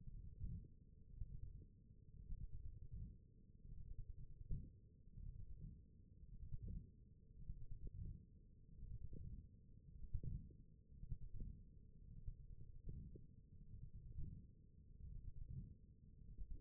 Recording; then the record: forearm muscle sounds (acoustic myography)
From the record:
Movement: wrist extension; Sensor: system 1, eight BSWA MPA416 microphones around the upper forearm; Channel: 1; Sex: male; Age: 21 years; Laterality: right